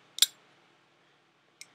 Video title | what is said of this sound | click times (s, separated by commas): Chris Reeve Large Sebenza Regular | and you can just really hear it lock into place. | 0.2 s